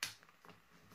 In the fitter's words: clicks into place won't come out until you lift up the locking tab